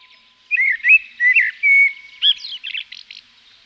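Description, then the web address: Common blackbird singing one rich warbled phrase of fluty notes with a long level whistle, then a thin, squeaky twittering flourish at the end. Blackbird recorded in Provence. "A természet hangjai 06-A provence-i feketerigó"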